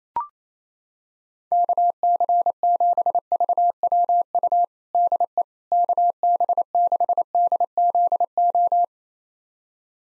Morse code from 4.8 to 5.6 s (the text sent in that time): DE